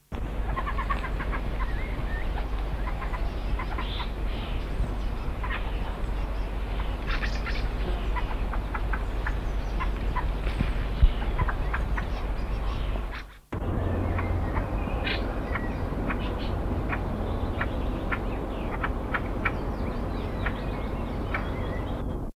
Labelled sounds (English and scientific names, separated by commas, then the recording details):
Fieldfare (Turdus pilaris) call
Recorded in the wild
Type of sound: call
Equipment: Halbspur, 9,5 cm/s
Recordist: Lütgens, Hans
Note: Erste Rufe bei Annäherung, Brutgebiet "Elbholz"